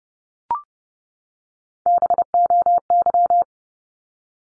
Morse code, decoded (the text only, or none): BOY